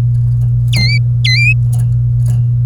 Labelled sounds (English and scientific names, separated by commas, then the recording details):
Domestic Canary (Serinus canaria) song
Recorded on 24 April 2018 at 08:16
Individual llb3